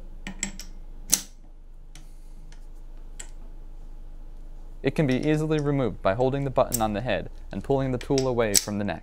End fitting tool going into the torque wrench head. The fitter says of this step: The final step is to take your end fitting tool and easily slide it into the end of the head until it clicks into place as well.